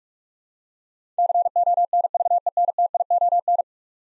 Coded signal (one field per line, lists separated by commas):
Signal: Morse code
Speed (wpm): 44 wpm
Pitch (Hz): 700 Hz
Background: none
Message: CONVENTION